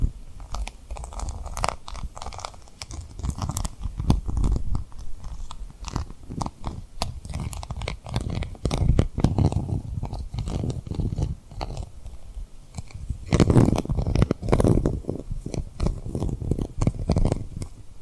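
Tapping and rubbing on a rhinestone lip trigger, a dense run of soft, low thuds and crinkly scratches with little pause. Brighter, sharper taps cluster around thirteen to fifteen seconds, then the busy, uneven rubbing carries on to the end.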